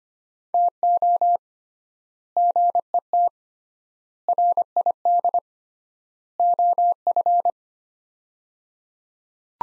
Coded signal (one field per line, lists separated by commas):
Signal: Morse code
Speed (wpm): 25 wpm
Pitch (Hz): 700 Hz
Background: none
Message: TO GET RID OF